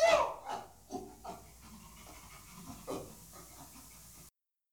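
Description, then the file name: Chimpanzee making breathy, panting grunts, a few rough pulses that fade over four seconds before the sound cuts off. "Sound Effects Factory - Chimpanzees Pan troglodytes"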